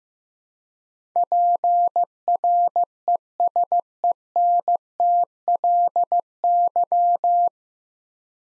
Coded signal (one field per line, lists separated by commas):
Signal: Morse code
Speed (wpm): 15 wpm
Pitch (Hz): 700 Hz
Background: none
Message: PRESENTLY